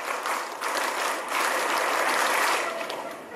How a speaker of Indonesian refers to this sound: Halo, coba semuanya, tepuk satu. Alah kayak gini, oh, kompak gimana? Tepuk satu, tepuk dua, tepuk tiga. Tepuk pramuka.